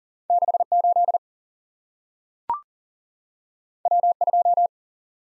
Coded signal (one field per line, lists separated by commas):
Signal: Morse code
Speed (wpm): 38 wpm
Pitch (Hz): 700 Hz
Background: none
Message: 6 8 W 2